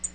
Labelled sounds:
Tennessee Warbler (Leiothlypis peregrina) flight call

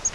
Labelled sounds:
Yellow-rumped Warbler (Setophaga coronata) flight call

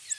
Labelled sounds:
Ovenbird (Seiurus aurocapilla) flight call

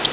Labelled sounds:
Canada Warbler (Cardellina canadensis) flight call

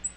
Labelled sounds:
Black-throated Green Warbler (Setophaga virens) flight call

